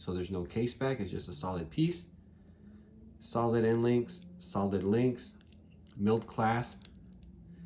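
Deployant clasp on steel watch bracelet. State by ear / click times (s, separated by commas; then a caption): not seated / none. Someone talks while handling the metal deployant clasp on the steel bracelet of a Citizen Promaster Tough watch, with only faint handling ticks between phrases. The clip ends before the clasp is folded shut, so nothing has seated or clicked yet.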